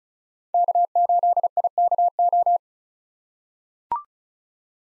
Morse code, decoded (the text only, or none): K8IKO